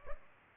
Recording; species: mosquito wingbeat signal from an infrared sensor; Culex pipiens